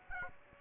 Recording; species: mosquito wingbeat signal from an infrared sensor; Aedes aegypti